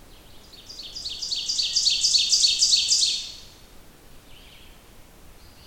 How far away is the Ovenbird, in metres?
about 15 m